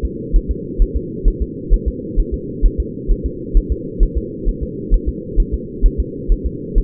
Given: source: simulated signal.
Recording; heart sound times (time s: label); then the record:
fetal heart sounds
0.05 s: S2
0.36 s: S1
0.51 s: S2
0.82 s: S1
0.97 s: S2
1.28 s: S1
1.42 s: S2
1.74 s: S1
1.88 s: S2
2.19 s: S1
2.34 s: S2
2.66 s: S1
2.80 s: S2
3.11 s: S1
3.26 s: S2
3.57 s: S1
3.72 s: S2
4.03 s: S1
4.17 s: S2
4.48 s: S1
4.63 s: S2
4.94 s: S1
5.09 s: S2
5.40 s: S1
5.54 s: S2
5.86 s: S1
6.00 s: S2
6.32 s: S1
6.46 s: S2
6.78 s: S1
From the record:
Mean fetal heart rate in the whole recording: 130 bpm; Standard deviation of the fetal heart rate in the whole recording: 2 bpm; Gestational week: 38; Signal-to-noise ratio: -4.1 dB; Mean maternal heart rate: no maternal heart sound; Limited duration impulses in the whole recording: absent